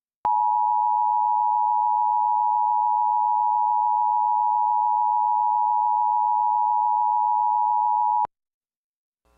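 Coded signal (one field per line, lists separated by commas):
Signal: Emergency Alert System (SAME) tones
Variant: 853 and 960 Hz attention tone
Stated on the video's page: Tornado warning via a cable TV provider, Suddenlink/Optimum.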